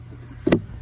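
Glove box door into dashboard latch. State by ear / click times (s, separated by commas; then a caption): seated / 0.5 s. On a 2018 Honda Pilot, after the cabin air filter cover is clicked back in, the glove box door is pushed shut into its dashboard latch. Against a low steady hum, a muffled bump at 0.5 s is followed almost at once by a sharp, bright snap at 0.5 s. The glove box door latches shut and is seated.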